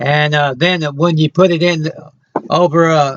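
A brewer lid is being handled over a seated coffee pod, where closing it will puncture the top of the pod. Across the 3.2 seconds someone talks, with a brief pause near 2.1 seconds. Nothing has seated or clicked yet.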